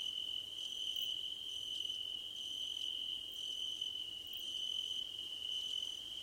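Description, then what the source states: Cricket chirping as a steady high-pitched trill, joined by brief higher pulses about once a second, over a soft background hiss. Crickets at night under a starlit sky; nighttime ambience.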